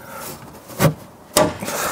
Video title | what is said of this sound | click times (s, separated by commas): Replace your Discovery door latch for less than £50 - the easy guide is here. | there's a little click. We're now in. | 1.4 s